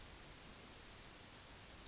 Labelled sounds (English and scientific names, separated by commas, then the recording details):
Yellowhammer (Emberiza citrinella) song
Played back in forest
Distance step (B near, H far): E
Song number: 029